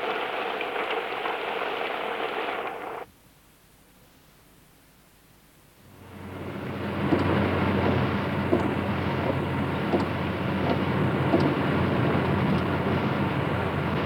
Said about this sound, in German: Wird es lange regnen? Was meinen Sie? Nein. Nein, es wird nicht lange regnen.